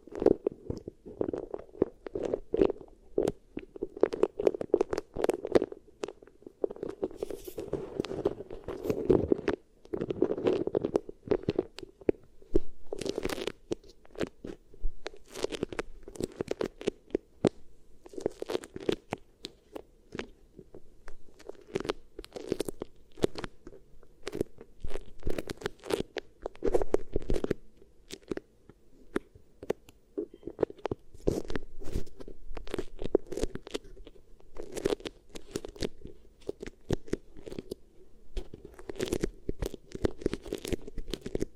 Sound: Beeswax Ear Triggers